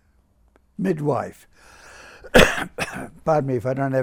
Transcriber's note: he coughs